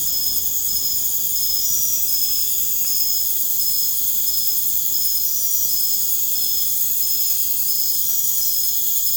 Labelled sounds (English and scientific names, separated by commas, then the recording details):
none
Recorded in pastures near Puerto Asís, Putumayo, Colombia, on 30 June 2025 at 01:30
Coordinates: 0.496, -76.326
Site GP01